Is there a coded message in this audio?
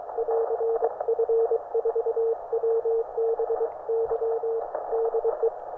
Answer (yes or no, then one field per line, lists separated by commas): yes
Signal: Morse code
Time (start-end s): 0.2-5.5 s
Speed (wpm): 22 wpm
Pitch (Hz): 460 Hz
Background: radio noise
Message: <AR> F4WBY DE